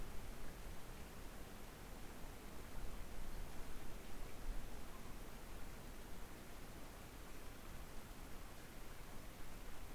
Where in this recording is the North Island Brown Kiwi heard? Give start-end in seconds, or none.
none